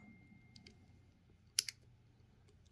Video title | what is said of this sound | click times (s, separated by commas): Replace a headlight on Burromax Mini Bike | They snap in place. | 1.6 s